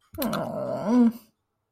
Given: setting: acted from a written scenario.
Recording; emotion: vocal sound without words; guilt